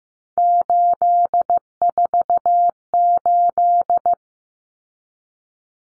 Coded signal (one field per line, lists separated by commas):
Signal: Morse code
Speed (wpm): 14 wpm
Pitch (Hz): 700 Hz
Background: none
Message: 848